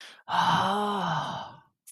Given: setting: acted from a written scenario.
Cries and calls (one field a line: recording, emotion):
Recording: vocal sound without words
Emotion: realization